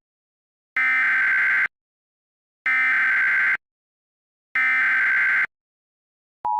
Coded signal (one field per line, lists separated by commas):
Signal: Emergency Alert System (SAME) tones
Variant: header bursts